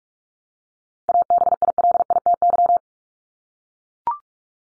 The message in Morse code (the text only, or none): ABILITY